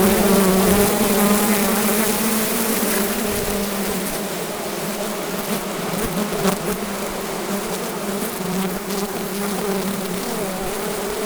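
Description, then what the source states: Bee buzzing as a dense swarm, a steady, thick droning hum with shifting tones and no pauses throughout. About 12,000 bees; multi-channel recording.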